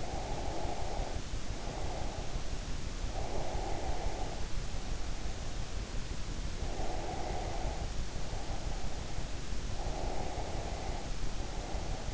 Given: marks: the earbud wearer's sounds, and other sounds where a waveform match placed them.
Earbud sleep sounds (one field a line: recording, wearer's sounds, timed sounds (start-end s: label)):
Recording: sounds in sleep by an in-ear microphone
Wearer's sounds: breath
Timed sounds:
0.00-2.43 s: breath
3.23-5.62 s: breath
6.52-9.33 s: breath
9.76-12.14 s: breath